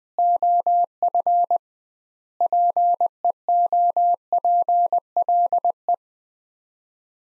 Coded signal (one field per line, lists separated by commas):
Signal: Morse code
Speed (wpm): 20 wpm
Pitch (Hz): 700 Hz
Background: none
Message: OF PEOPLE